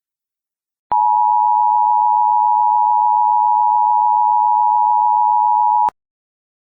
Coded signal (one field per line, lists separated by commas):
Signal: Emergency Alert System (SAME) tones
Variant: 853 and 960 Hz attention tone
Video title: EAS Scenario: The Engineer